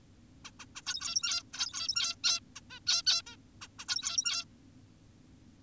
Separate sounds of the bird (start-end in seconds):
0.45-0.51, 0.60-0.66, 0.76-0.82, 0.86-1.43, 1.54-2.16, 2.24-2.40, 2.56-2.61, 2.70-2.80, 2.87-3.02, 3.07-3.22, 3.27-3.36, 3.62-3.68, 3.79-3.86, 3.88-4.45